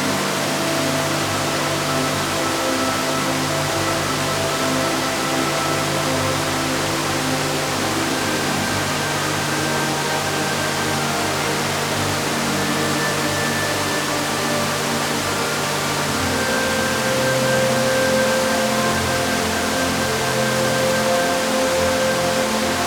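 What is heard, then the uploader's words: A waterfall pours in a dense, steady hiss that fills the whole range, unchanging throughout, with faint tonal hums running underneath. Refreshing Waterfall Downpour.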